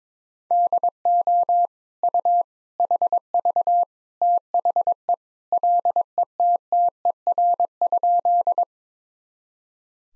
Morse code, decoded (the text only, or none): DO U HV THE LETTER?